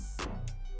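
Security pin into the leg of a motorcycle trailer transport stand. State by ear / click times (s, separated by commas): not seated / none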